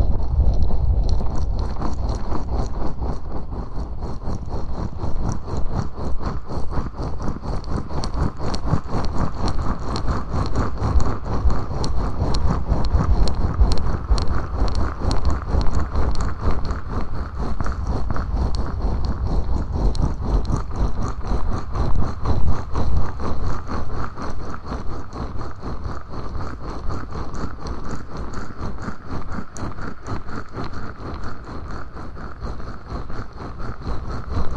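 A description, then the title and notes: Mic scratching runs continuously for the whole stretch, a dense, rough, low-heavy rasp of rapid scrapes with a faint steady high whine above. Mic scratching.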